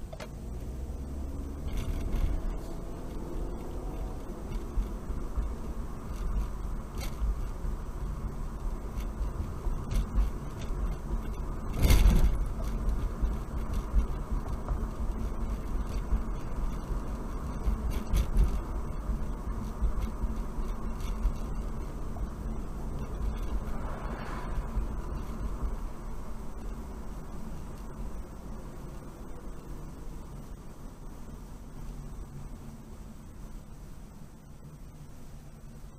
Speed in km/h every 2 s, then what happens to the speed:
26, 29, 39, 39, 39, 40, 42, 45, 47, 44, 40, 42, 44, 42, 37, 29, 23, 15.
1-4 speeds up to 39. 4-11 steady at about 39. 11-16 speeds up to 47. 16-20 slows to 40. 20-25 steady at about 42. 25-36 slows to 15.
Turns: none.